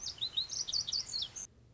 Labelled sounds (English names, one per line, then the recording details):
Lazuli Bunting
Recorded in Sonoma County, California